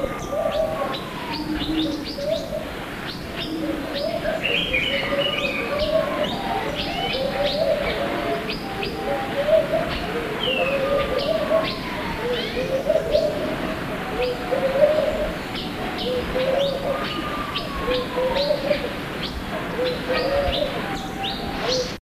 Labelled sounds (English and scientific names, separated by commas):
Long-tailed Paradise Whydah (Vidua paradisaea) call